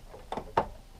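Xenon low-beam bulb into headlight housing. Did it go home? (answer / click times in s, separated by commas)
yes / 0.6 s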